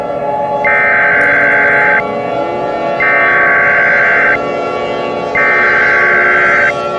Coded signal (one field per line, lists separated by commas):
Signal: Emergency Alert System (SAME) tones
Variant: header bursts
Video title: EAS Scenario #8: The Moon's Final Exit